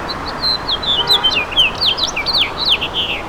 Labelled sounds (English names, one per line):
House Finch song